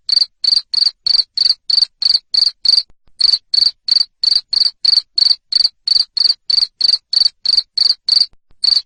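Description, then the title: Cricket's high, loud chirps repeating quickly and regularly, with brief breaks near three seconds and near the end. Loud cricket chirping played to stimulate lovebirds to keep singing. "Suara JANGKRIK NGERIK Keras Bikin LOVEBIRD Jadi NGEKEK Terus"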